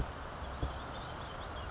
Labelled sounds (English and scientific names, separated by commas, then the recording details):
California Towhee (Melozone crissalis)
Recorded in Sonoma County, California